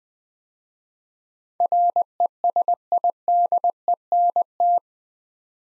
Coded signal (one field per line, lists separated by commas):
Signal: Morse code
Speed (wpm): 20 wpm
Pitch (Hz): 700 Hz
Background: none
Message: RESIDENT